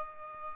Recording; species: mosquito wingbeat signal from an infrared sensor; Aedes albopictus